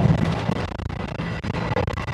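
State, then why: Seated. The toilet door in an executive train car is closed and its lock is engaged over a steady rumbling background. A short pair of clicks at 0.9 s and 1.2 s marks the lock latching, leaving the door locked so it can no longer be opened.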